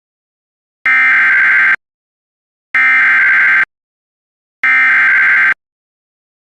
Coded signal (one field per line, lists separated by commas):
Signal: Emergency Alert System (SAME) tones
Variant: header bursts